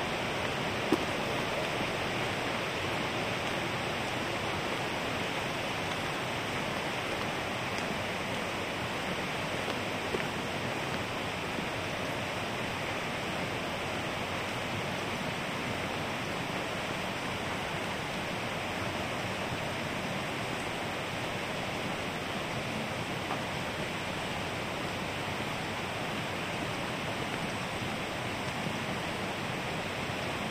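A small brook rushes steadily along a walk, its water making a dense, even hiss that fills the mid and high range without letup for the full thirty seconds. A single faint tap stands out near the start; otherwise the flow stays unchanging.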